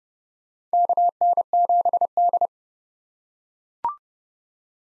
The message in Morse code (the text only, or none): KN7D